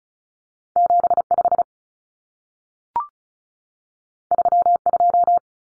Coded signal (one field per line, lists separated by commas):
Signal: Morse code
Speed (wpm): 36 wpm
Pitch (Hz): 700 Hz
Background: none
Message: 75 32